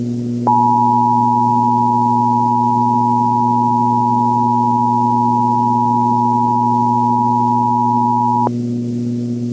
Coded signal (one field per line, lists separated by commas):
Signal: Emergency Alert System (SAME) tones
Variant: 853 and 960 Hz attention tone